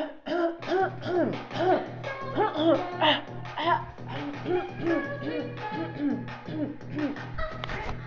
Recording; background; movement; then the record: throat clearing; music; sitting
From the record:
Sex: female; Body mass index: 21.8 kg/m2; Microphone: on the chest, facing outward